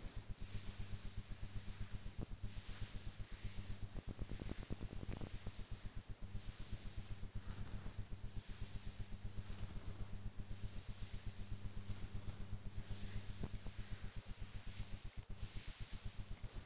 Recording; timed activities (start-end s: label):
household activities, microphone on the right wrist
0.00-16.66 s: petting the dog